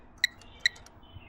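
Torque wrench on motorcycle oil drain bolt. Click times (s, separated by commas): 0.7 s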